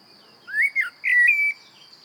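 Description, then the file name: Common blackbird giving a few mellow fluted whistles, the last held and level, with a faint steady high hum behind. "Turdus merula"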